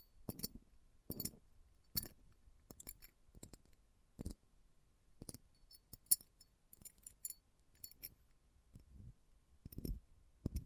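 Close-up metallic sounds: a series of sharp clinks and taps, roughly one every second, some ringing brightly, others dull. Between hits there are softer scrapes and small rattles, with near silence in the gaps.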